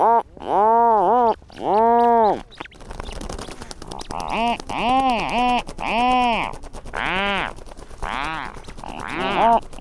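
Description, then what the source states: Rhinoceros auklets giving low, moaning calls rich in harmonics, arching up and down in bursts of one to three notes, with several birds overlapping and softer calls between. Several adults with their chicks on an island wildlife refuge in the Strait of Juan de Fuca, Pacific coast; middle of a July night; adults return at night with fish for a single chick deep in a burrow.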